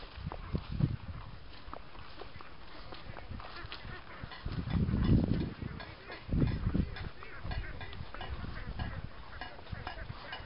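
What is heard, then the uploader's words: Wind-driven noise makers in a rice paddy rattle and clack irregularly as the breeze catches them, with sharp knocks scattered throughout. Low, rough wind gusts swell near the start, around five seconds, and again just after six. The sound is dull, lacking crisp top end. Locally crafted wind driven noise makers catch the breeze to keep the birds away in rice paddies east of Ubud on the island of Bali, Indonesia. Rice paddy noise makers.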